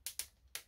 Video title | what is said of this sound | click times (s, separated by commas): Fanhome/Deagostini 1/8 Fast And Furious Dodge Charger issues 15-18 | as you can hear it clicks in | 0.1 s, 0.5 s